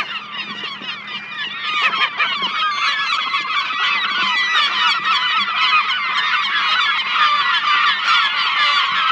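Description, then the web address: Gull flock chorus of constant, crowded squawking calls, loud and unbroken, with a faint low hum underneath. "seagulls"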